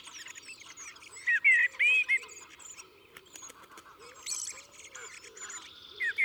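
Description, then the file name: Common blackbird giving short whistled phrases with slurred notes, among other bird calls. "Turdus merula"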